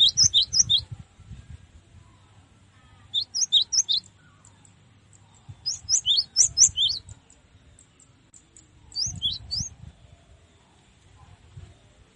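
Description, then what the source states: Cinereous tit song: short bursts of rapid, high chirpy notes alternating between a very high and a slightly lower pitch, repeated about every three seconds over a faint low rumble. Training song for cage birds (masteran).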